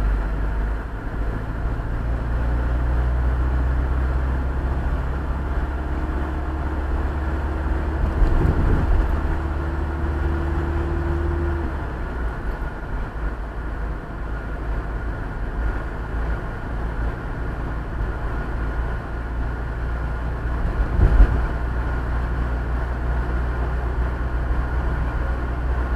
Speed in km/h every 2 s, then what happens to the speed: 27, 32, 36, 40, 41, 42, 43, 43, 44, 44, 46, 47, 48.
0-6 speeds up to 40. 6-26 steady at about 43.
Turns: none.